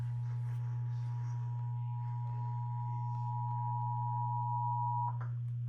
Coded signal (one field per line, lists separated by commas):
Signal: Emergency Alert System (SAME) tones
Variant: 853 and 960 Hz attention tone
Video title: [EAS #92-93] MRX Flash Flood Warning for Ten Mile (8/24/25)